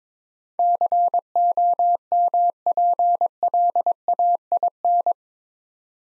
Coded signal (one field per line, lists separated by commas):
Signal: Morse code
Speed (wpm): 22 wpm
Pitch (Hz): 700 Hz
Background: none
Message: COMPLAIN